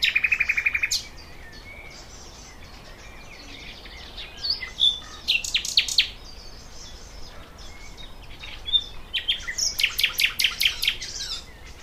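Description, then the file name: Thrush nightingale singing a rapid rattle, then scattered varied chirps and slurred notes, ending with a fast series of loud, clipped pulses. "Sprosser"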